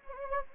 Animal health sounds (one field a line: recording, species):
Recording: mosquito wingbeat signal from an infrared sensor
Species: Anopheles gambiae